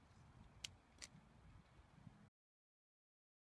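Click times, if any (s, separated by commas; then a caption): 0.6 s. A snap fastener is pressed through the canvas of a Sea Ray Sundancer cockpit cover: the cap is placed over a chalk mark and the tool handle is squeezed, giving a sharp click at 0.6 s as the snap seats, followed by a softer click at 1.0 s over a low background rumble. The snap is pressed home and in place, and the sound cuts to silence at about 2.3 s.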